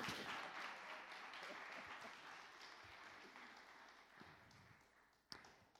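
A crowd applauds steadily, many hands clapping in a dense, even wash that slowly tapers off, with one sharper clap burst near the end.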